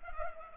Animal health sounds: mosquito wingbeat signal from an infrared sensor; Culex pipiens

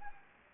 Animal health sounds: mosquito wingbeat signal from an infrared sensor; Anopheles gambiae

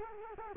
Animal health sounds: mosquito wingbeat signal from an infrared sensor; Culex quinquefasciatus

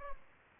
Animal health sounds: mosquito wingbeat signal from an infrared sensor; Aedes albopictus

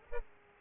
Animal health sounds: mosquito wingbeat signal from an infrared sensor; Culex pipiens

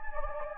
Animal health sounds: mosquito wingbeat signal from an infrared sensor; Anopheles gambiae

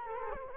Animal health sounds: mosquito wingbeat signal from an infrared sensor; Culex quinquefasciatus

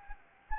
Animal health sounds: mosquito wingbeat signal from an infrared sensor; Anopheles gambiae

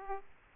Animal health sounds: mosquito wingbeat signal from an infrared sensor; Aedes aegypti

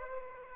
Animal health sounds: mosquito wingbeat signal from an infrared sensor; Aedes aegypti

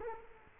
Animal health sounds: mosquito wingbeat signal from an infrared sensor; Culex quinquefasciatus

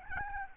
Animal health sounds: mosquito wingbeat signal from an infrared sensor; Aedes albopictus

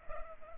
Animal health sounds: mosquito wingbeat signal from an infrared sensor; Culex pipiens

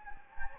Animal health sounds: mosquito wingbeat signal from an infrared sensor; Anopheles gambiae

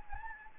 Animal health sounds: mosquito wingbeat signal from an infrared sensor; Anopheles gambiae

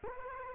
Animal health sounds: mosquito wingbeat signal from an infrared sensor; Culex quinquefasciatus

